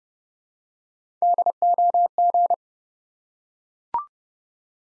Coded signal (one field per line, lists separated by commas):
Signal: Morse code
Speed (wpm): 30 wpm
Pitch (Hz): 700 Hz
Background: none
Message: DOG